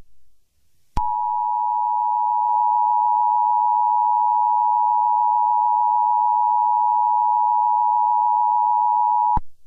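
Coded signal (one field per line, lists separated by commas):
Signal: Emergency Alert System (SAME) tones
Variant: 853 and 960 Hz attention tone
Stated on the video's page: April Fools joke tornado warning EAS alarm.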